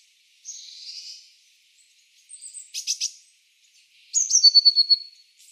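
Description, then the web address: Eurasian blue tit: small bird giving a buzzy high note, a short burst of sharp repeated notes, then a descending trilled chatter. "cianscape. Deverinetal"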